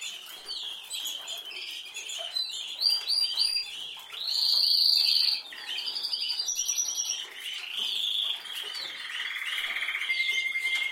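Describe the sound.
Canary singing a loud, varied song of rapid chirps, fast buzzing trills and sustained whistled rolls, with one long bright trill in the middle.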